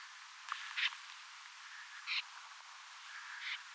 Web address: paivat 5 10 2024 kurppia paljon siella on joukossa tietaakseni joitakin suippopyrstokurppalintuja kooste